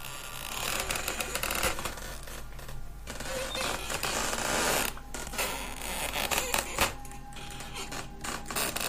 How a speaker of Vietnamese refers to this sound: Tiếng những thân tre cọ vào nhau cứ kẽo cả kẽo kẹt, nghe đến rợn cả người, cứ như là ai cầm cả một cái đoạn tre nó vặn vẹo vậy.